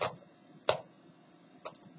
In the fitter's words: we get click sound